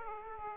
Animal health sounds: mosquito wingbeat signal from an infrared sensor; Aedes aegypti

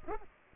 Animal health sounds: mosquito wingbeat signal from an infrared sensor; Culex pipiens

